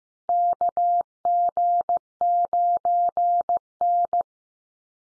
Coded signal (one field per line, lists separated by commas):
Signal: Morse code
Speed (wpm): 15 wpm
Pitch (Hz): 700 Hz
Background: none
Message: KG9N